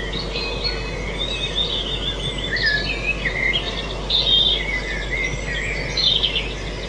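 Bird calls: high chirps and warbled phrases in short bursts over steady background noise.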